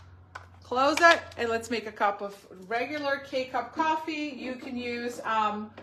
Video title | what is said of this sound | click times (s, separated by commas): Let me show you every type of coffee you can make in our new 3 in 1 Deluxe Coffee Machine! | You want to make sure you hear the pop. | 0.4 s